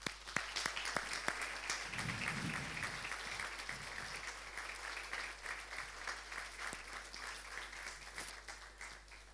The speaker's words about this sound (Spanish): Amén. Le damos un aplauso al Señor.